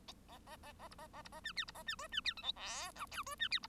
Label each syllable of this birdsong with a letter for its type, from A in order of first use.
A A A A B A A B A C D B A C E C D F G H I J E C D B